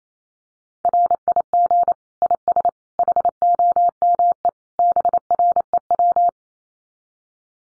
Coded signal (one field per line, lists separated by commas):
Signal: Morse code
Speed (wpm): 28 wpm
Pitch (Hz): 700 Hz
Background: none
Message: RIG IS HOME BREW